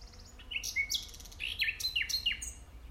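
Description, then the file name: Common nightingale song of rich varied notes, a clear whistle and a series of loud slurred downward notes. "Luscinia megarhynchos"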